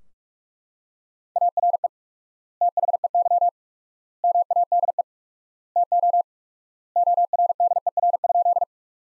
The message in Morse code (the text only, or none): ARE THEY MADE TO ORDER?